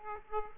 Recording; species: mosquito wingbeat signal from an infrared sensor; Aedes aegypti